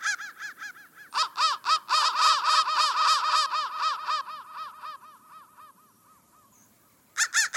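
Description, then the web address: Crow caws in quick succession, swelling into a busy overlapping chorus, tapering into softer repeated notes, a short silence, then a sudden loud burst. "soundfactory crow"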